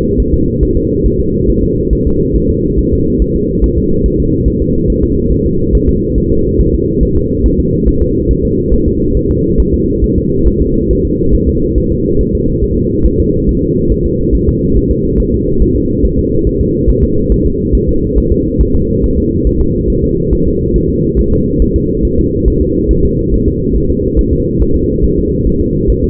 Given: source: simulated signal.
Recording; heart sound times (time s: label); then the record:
fetal heart sounds
0.20 s: S1
0.34 s: S2
0.63 s: S1
0.77 s: S2
1.06 s: S1
1.20 s: S2
1.50 s: S1
1.64 s: S2
1.93 s: S1
2.07 s: S2
2.36 s: S1
2.50 s: S2
2.79 s: S1
2.93 s: S2
3.22 s: S1
3.36 s: S2
3.64 s: S1
3.78 s: S2
4.06 s: S1
4.20 s: S2
4.48 s: S1
4.62 s: S2
4.90 s: S1
5.04 s: S2
5.32 s: S1
5.46 s: S2
5.75 s: S1
5.89 s: S2
6.18 s: S1
6.32 s: S2
6.61 s: S1
6.75 s: S2
7.03 s: S1
7.17 s: S2
7.46 s: S1
7.60 s: S2
7.88 s: S1
8.02 s: S2
8.31 s: S1
8.45 s: S2
8.74 s: S1
8.88 s: S2
9.17 s: S1
9.31 s: S2
9.60 s: S1
9.74 s: S2
10.04 s: S1
10.18 s: S2
10.48 s: S1
10.62 s: S2
10.91 s: S1
11.05 s: S2
11.35 s: S1
11.49 s: S2
11.78 s: S1
11.92 s: S2
12.21 s: S1
12.35 s: S2
12.64 s: S1
12.78 s: S2
13.06 s: S1
13.20 s: S2
13.49 s: S1
13.63 s: S2
13.92 s: S1
14.06 s: S2
14.35 s: S1
14.49 s: S2
14.77 s: S1
14.91 s: S2
15.20 s: S1
15.34 s: S2
15.62 s: S1
15.76 s: S2
16.05 s: S1
16.19 s: S2
16.47 s: S1
16.61 s: S2
16.90 s: S1
17.04 s: S2
17.32 s: S1
17.46 s: S2
17.75 s: S1
17.89 s: S2
18.18 s: S1
18.32 s: S2
18.61 s: S1
18.75 s: S2
19.04 s: S1
19.18 s: S2
19.47 s: S1
19.61 s: S2
19.90 s: S1
20.04 s: S2
20.33 s: S1
20.47 s: S2
20.76 s: S1
20.90 s: S2
21.19 s: S1
21.33 s: S2
21.62 s: S1
21.76 s: S2
22.05 s: S1
22.19 s: S2
22.48 s: S1
22.62 s: S2
22.91 s: S1
23.05 s: S2
23.34 s: S1
23.48 s: S2
23.76 s: S1
23.90 s: S2
24.19 s: S1
24.33 s: S2
24.62 s: S1
24.76 s: S2
25.04 s: S1
25.18 s: S2
25.47 s: S1
25.61 s: S2
25.90 s: S1
26.04 s: S2
From the record:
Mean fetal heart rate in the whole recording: 140 bpm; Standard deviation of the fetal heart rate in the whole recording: 2 bpm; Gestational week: 34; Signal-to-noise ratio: -15.3 dB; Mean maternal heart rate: 72 bpm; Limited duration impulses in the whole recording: present